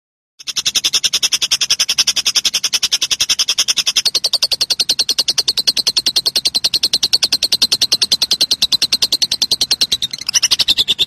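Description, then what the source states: Lovebird chattering in a long, unbroken string of shrill, high chirps at a steady pace. Song style called konslet.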